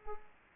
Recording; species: mosquito wingbeat signal from an infrared sensor; Culex pipiens